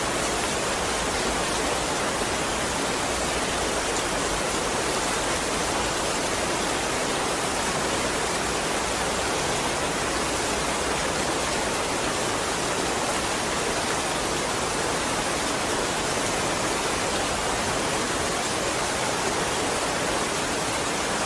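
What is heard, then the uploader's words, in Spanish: Heavy rain pours in a dense, unbroken hiss that stays at the same level for the whole stretch. The sound is bright and full, with countless drops blurring into one steady wash and no distinct events or other sounds rising above it. Sonidos De La Lluvia Pesado.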